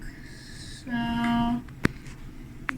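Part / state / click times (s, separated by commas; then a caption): case frame part into open-frame PC case / seated / 1.9 s, 2.7 s. A frame part of a KEDIERS open-frame ATX gaming PC case is pressed into place on both sides, one side and then the other, while someone talks briefly. Two sharp clicks ring out at 1.9 and 2.7 seconds as each side snaps in, and the part is seated.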